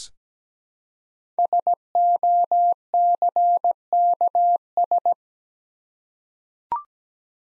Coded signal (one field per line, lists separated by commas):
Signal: Morse code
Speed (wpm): 17 wpm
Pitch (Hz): 700 Hz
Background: none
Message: SOCKS